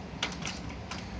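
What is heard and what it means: The folding hinge latch on the other side of a walker frame snaps shut with a sharp click at 0.2 s as that side of the frame is folded, followed by fainter knocks around 0.5 s and 0.9 s. The second side is latched and the walker is folded.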